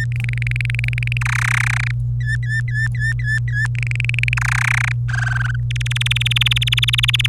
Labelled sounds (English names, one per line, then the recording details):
Domestic Canary song
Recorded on 25 April 2018 at 16:06
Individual llb3